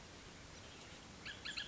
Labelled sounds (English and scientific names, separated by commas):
Bullock's Oriole (Icterus bullockii)